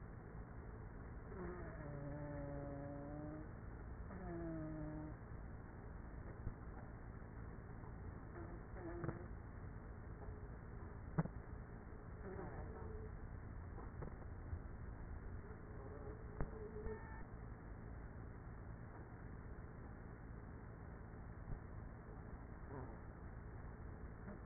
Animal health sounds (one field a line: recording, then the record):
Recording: honeybee colony, microphone inside the hive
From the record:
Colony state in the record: queenless with a low population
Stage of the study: after two queens were removed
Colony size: about 30,000 bees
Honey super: no